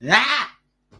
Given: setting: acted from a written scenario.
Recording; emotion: vocal sound without words; fear